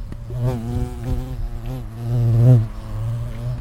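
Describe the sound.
Carpenter bee buzz, a steady low drone with pulsing, uneven surges, the loudest one in the latter part.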